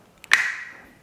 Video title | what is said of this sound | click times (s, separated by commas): 3. Dual Port Mechanical Gland - fitting to joints: UMJ, CMJ, MMJ and LMJ using SM@RTCORE Cable. | that was it sometimes you just need to wiggle it a little bit but usually just get a good click | 0.3 s